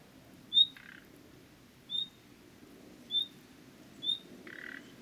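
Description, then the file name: Common nightingale whistles, thin and high, four times at roughly one-second spacing, mixed with two short harsh croaking notes. "Luscinia megarhynchos"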